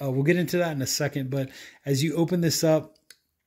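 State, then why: Not seated. A new, somewhat stiff folding pocket knife is being opened by hand, with the blade about to lock into its handle lock. Someone talks throughout, with a faint short tick near 3.1 s after the speech stops. Nothing has clicked or locked yet; the clip ends just before the blade locks open.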